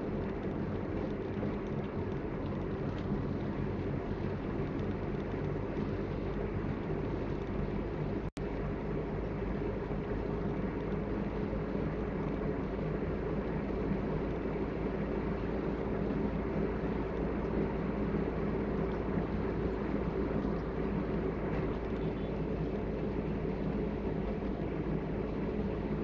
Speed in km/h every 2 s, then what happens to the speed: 42, 43, 44, 45, 46, 48, 49, 50, 49, 49, 49, 48, 48.
0-26 steady at about 48.